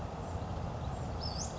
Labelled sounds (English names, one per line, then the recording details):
Western Flycatcher
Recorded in Sonoma County, California